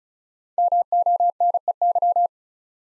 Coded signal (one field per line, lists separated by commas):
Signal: Morse code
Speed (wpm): 36 wpm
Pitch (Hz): 700 Hz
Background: none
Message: MONEY